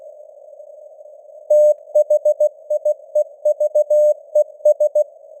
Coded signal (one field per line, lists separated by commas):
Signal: Morse code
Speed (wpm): 16 wpm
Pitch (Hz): 600 Hz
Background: none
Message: THIEVES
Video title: Morse Code News | 2025-10-20 | 16wpm